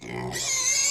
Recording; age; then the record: pig call; weaner (32 to 43 days)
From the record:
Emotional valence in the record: negative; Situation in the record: long isolation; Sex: female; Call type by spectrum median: high-frequency call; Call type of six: mixed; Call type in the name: high-frequency modulated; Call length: 0.90 s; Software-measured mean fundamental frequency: 420 Hz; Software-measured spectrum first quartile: 2636 Hz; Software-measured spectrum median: 5341 Hz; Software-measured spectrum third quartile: 6648 Hz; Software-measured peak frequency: 6337 Hz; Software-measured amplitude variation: 94 dB a second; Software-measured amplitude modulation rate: 25.5 a second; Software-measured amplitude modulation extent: 3.7 dB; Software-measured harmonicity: 3.4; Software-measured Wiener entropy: -2.60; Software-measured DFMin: 759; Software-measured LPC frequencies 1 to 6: 833, 2117, 4217, 4947, 6309, 7327 Hz